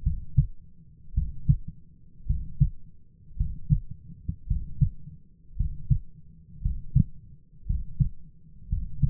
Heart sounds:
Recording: heart sounds by stethoscope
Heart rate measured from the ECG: 55 bpm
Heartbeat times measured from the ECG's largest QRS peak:
0.03 s: heartbeat
1.14 s: heartbeat
2.27 s: heartbeat
3.37 s: heartbeat
4.47 s: heartbeat
5.57 s: heartbeat
6.62 s: heartbeat
7.66 s: heartbeat
8.69 s: heartbeat
From the record:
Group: healthy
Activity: rest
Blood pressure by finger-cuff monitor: 131/79 mmHg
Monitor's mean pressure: 90 mmHg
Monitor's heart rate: 55 bpm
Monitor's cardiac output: 6.2 L/min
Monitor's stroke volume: 113 mL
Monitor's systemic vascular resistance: 1090 dyn s/cm5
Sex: male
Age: 23 years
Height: 178 cm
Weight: 96.6 kg

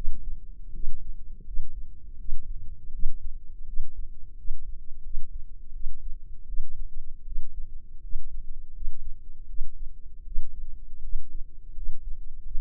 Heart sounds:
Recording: heart sounds by microphone in the left ear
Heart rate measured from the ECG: 82 bpm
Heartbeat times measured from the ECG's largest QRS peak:
0.70 s: heartbeat
1.43 s: heartbeat
2.16 s: heartbeat
2.90 s: heartbeat
3.64 s: heartbeat
4.35 s: heartbeat
5.01 s: heartbeat
5.71 s: heartbeat
6.45 s: heartbeat
7.23 s: heartbeat
8.00 s: heartbeat
8.71 s: heartbeat
9.46 s: heartbeat
10.23 s: heartbeat
11.00 s: heartbeat
11.73 s: heartbeat
12.41 s: heartbeat
From the record:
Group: healthy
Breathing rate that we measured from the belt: 17 breaths a minute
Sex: female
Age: 24 years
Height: 163 cm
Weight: 55.7 kg

